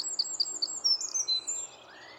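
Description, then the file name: Eurasian wren high notes, a few short bright chips and thin whistles repeated quickly, fading into quiet after about a second and a half. "Troglodytes troglodytes"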